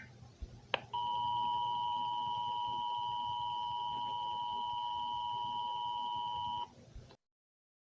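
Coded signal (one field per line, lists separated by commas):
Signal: Emergency Alert System (SAME) tones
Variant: 853 and 960 Hz attention tone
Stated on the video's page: Fictional EAS scenario, not a real alert.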